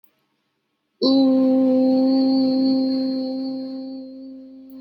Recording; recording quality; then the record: sustained vowel as in boot; excellent, no background noise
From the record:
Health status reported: healthy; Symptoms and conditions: none ticked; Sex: female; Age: 35 years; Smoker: not ticked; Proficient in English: yes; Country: India